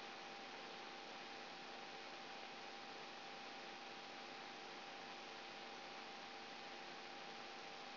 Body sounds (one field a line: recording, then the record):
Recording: brain microelectrode recording played as sound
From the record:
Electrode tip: outside the subthalamic nucleus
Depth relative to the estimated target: -3 mm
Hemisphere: right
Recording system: AlphaMap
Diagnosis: Parkinson's disease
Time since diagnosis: 13 years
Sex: female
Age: 63 years